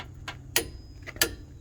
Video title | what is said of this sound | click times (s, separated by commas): Getting my 1998 k1500 ready for winter happy new year 🎉 | so then you go around till it clicks and | 0.6 s, 1.2 s